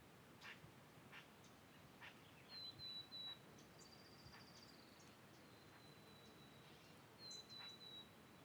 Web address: Raconteur Sound - Spring in the Pacific Northwest- Ambiences Amb, Field, Birds, Wind